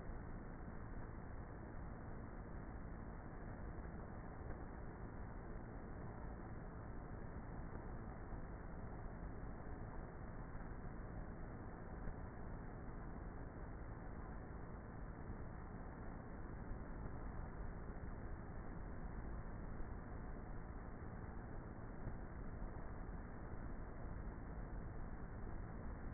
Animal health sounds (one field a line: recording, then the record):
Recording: honeybee colony, microphone inside the hive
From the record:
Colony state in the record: queenless with a low population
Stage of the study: before two queens were removed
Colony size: about 30,000 bees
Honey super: no